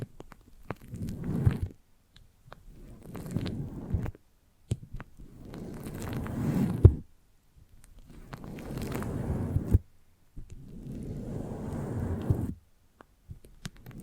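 Foamy, sticky squelching comes in five rubbing bursts, each lasting about one to two seconds, with short silent gaps between them. The bursts are low and wet with a crackly fizz on top, and small sharp clicks and pops fall between the passes.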